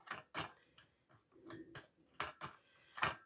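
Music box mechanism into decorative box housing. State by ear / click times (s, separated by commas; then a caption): not seated / none. A music box mechanism is pushed all the way into a decorated plastic box housing, producing a series of short plastic knocks and taps, with the sharpest ones at about 2.2 and 3.0 seconds. The mechanism does not snap in, and nothing has seated or clicked yet.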